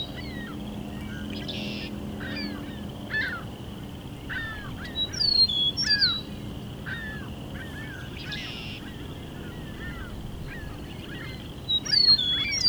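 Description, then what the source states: Eastern Meadowlark song: clear, slurred whistled phrases sliding downward, heard a few times, over a busy chorus of short falling chirps from other birds and a steady insect drone. Lone male singing for several minutes from a tree near the recordist, one evening around dusk, at a meadow sanctuary in Ontario.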